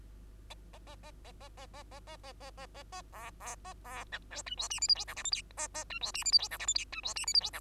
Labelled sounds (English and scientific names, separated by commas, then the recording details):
Bengalese Finch (Lonchura striata domestica) song
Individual Bird2